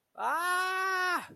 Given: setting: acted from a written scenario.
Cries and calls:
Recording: vocal sound without words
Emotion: pain

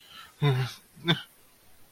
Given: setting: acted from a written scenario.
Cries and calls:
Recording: vocal sound without words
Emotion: distress

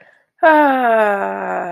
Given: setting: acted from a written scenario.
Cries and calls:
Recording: vocal sound without words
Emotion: serenity

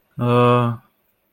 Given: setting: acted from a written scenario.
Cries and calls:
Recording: vocal sound without words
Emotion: embarrassment

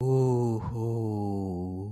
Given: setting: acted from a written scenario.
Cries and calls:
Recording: vocal sound without words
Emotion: serenity

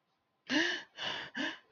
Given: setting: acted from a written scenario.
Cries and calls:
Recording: vocal sound without words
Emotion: distress

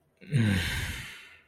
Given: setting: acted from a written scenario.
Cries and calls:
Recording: vocal sound without words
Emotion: desire

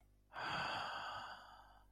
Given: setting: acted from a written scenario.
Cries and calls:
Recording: vocal sound without words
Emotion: serenity

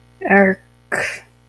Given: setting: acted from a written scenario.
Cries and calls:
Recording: vocal sound without words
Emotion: contempt

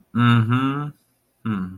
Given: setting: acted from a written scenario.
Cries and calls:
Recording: vocal sound without words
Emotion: contempt

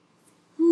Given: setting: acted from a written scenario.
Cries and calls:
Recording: vocal sound without words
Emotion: romantic love

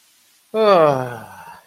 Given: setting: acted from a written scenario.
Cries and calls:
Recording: vocal sound without words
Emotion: ecstasy

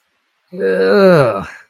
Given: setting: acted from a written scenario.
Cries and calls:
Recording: vocal sound without words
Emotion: disgust

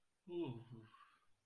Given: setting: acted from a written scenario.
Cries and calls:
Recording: vocal sound without words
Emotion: contentment

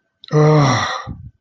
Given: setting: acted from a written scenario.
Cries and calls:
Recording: vocal sound without words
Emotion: distress

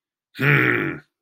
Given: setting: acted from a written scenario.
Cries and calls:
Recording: vocal sound without words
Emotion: anger

